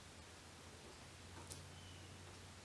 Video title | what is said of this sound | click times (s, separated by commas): XK8 Coupe Front and Rear Windshield Trim Reinstall | when I push it down, it snaps right in. | 1.5 s